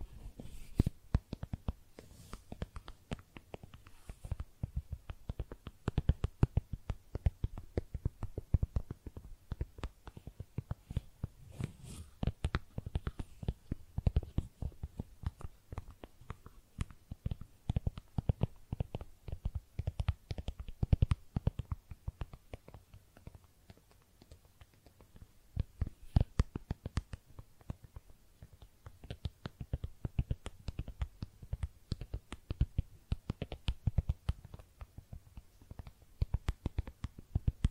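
Makeup tapping and scratching sounds: a dense, irregular stream of quick taps and light scratches runs through the whole clip, each hit sharp and short. The activity thins briefly around twenty-five seconds, then resumes with bursts of faster tapping.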